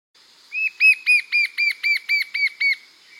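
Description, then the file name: Fringe-backed fire-eye song: a steady run of nine clear, arched whistles, about four per second, evenly spaced and sharp. Song recorded in Bahia, Brazil. "canto do papa taoca da bahia"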